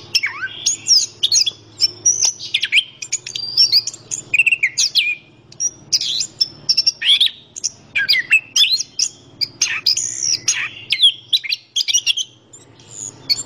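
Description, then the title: Orange-headed thrush in vigorous song, a busy medley of whistles, chirps and harsh notes, over a faint low steady hum. Described as gacor, a term for a bird singing vigorously. "Anis Kembang Gacor"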